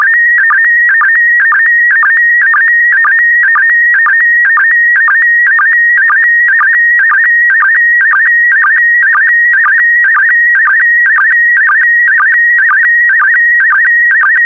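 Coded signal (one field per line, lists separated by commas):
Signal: SSTV (slow-scan television)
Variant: PD120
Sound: warbling whistling tone around 2 kHz with regular quick low chirps, steady rhythm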